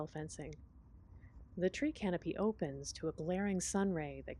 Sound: none